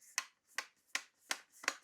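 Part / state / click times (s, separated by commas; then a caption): laptop screen bezel clips into lid / seated / 0.2 s, 0.6 s, 1.0 s, 1.3 s, 1.7 s. The screen assembly of an Asus TUF A17 (FA707NV) laptop, aligned with the hinge screw holes, is pressed down along its edge so the plastic screen bezel clips snap into the lid. Five sharp snaps are heard in turn, at 0.2, 0.6, 1.0, 1.3 and 1.7 seconds. The clips are seated.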